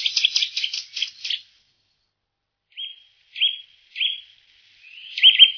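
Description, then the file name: Eurasian nuthatch: a quick rattling chatter, a pause, then three separate clear whistled notes and a final louder burst of notes. "boomklever"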